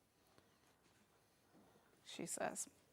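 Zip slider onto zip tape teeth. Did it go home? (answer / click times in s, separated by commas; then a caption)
no / none. A zip slider is being slowly pushed onto the teeth of a zip tape while someone talks, with quiet handling until about 2.0 s and then a cluster of louder, bright bursts up to about 2.7 s. The slider has not clicked into place on the teeth yet.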